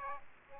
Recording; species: mosquito wingbeat signal from an infrared sensor; Aedes aegypti